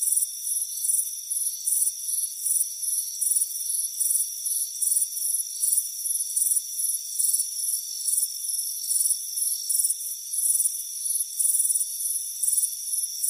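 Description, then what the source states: Steady cricket chirping, high trilled pulses repeated slightly unevenly, over a continuous thin ringing drone. Warm afternoon on a front porch.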